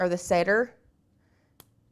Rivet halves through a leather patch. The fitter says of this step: and then you're just going to click them in okay so we heard them click right